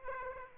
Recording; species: mosquito wingbeat signal from an infrared sensor; Aedes aegypti